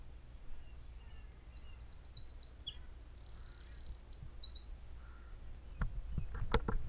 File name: Troglodytes troglodytes